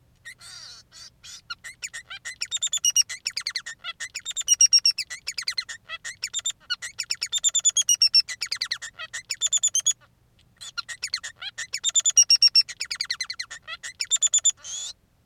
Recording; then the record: song of a male Bengalese finch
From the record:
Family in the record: son of father 3